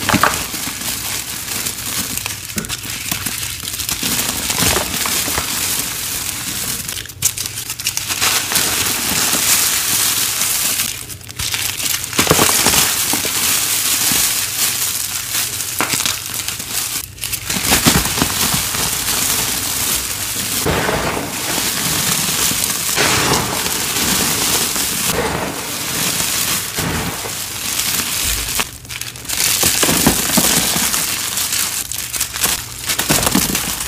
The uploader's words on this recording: Confetti Overload Series!